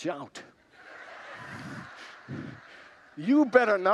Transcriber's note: congregants laugh